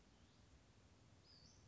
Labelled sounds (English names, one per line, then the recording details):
Western Flycatcher
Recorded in Sonoma County, California